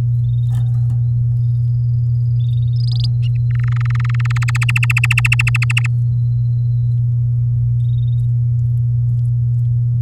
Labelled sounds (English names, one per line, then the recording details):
Domestic Canary song
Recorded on 10 May 2018 at 07:23
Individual llb16